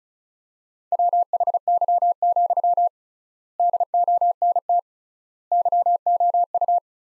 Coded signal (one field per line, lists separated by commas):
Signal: Morse code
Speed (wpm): 36 wpm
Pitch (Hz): 700 Hz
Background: none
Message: WHY, DONT YOU